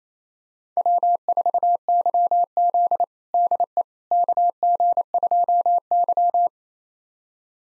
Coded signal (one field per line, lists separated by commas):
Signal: Morse code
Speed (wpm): 28 wpm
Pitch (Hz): 700 Hz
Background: none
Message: W4YZ DE KG2Y